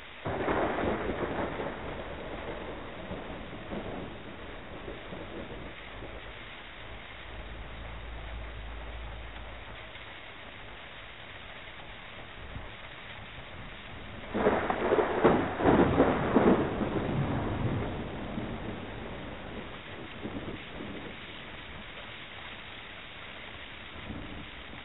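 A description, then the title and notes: Wind, rain and surf blend into a dense, steady rush with low rumbling underneath. A louder surge of crashing water swells around fifteen seconds and fades by eighteen. The sound is dull and muffled, lacking any high, crisp detail. Golden Record: Wind, Rain, Surf.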